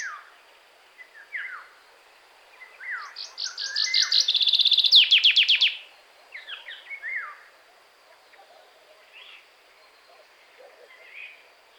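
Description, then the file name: Common chaffinch singing one trilled phrase ending in a flourish, amid scattered short chirps and call notes. "Fringilla coelebs"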